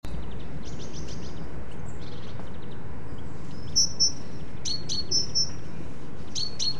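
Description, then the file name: Great tit calls: a few quick runs of short notes, then bright, high whistled notes, several in pairs, over a constant low background hiss. "Parus major"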